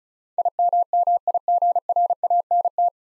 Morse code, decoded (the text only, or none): IMMIGRANT